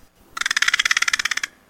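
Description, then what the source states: American Crow bill clatter: a rapid rattle of many evenly spaced clicks lasting about a second. Instrumental, non-vocal sound made by rattling the edges of the bill together to produce a clattering rattle.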